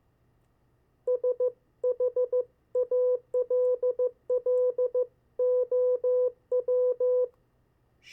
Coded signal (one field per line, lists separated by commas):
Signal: Morse code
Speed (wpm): 15 wpm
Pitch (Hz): 500 Hz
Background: none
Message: SHALLOW